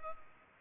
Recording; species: mosquito wingbeat signal from an infrared sensor; Culex pipiens